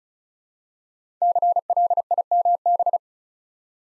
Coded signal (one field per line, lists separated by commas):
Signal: Morse code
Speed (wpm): 36 wpm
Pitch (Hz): 700 Hz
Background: none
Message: CLIMB